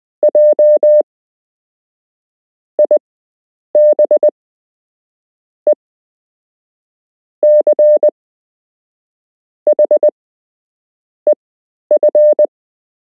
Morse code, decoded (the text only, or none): J IB E C H EF